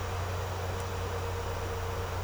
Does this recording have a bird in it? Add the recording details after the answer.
no. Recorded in secondary vegetation near Puerto Asís, Putumayo, Colombia, on 4 March 2025 at 10:30. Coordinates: 0.468, -76.324. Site G059